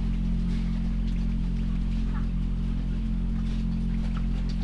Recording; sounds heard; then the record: poultry house recording; sick chickens (respiratory disease)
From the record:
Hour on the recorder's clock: 4